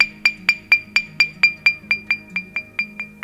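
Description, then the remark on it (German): A flint stone with no crack in it is tapped about fifteen times in a quick, even rhythm, each strike giving a bright, clear ringing clink that fades briefly, with a low hum underneath. “Klingt ganz anders, gell? Und da weiß ich, da ist kein Riss drin.”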